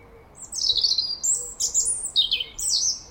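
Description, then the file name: European robin singing a rapid sequence of high, sweet warbles and sliding notes that step up and down in pitch, with faint background hiss. "Erithacus rubecula"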